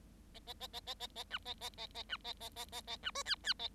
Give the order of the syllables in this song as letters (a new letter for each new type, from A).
A A A A A A A B A A A A B A A A A A B C D D A